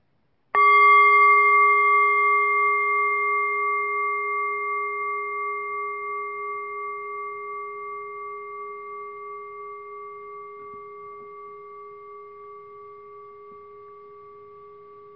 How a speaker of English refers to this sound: Please close your eyes gently with the sound of the bell.